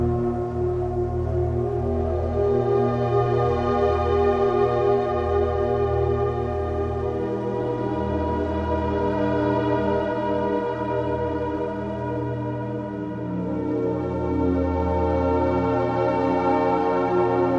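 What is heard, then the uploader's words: Slow ambient music in a snowy forest setting: a steady, low droning chord with long sustained tones and bell-like shimmer, barely changing throughout. Snowy Forest - Ambience and Ambient Music.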